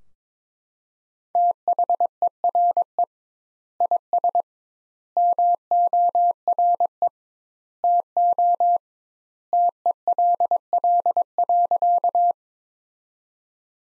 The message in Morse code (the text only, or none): THERE IS MORE TO TELL.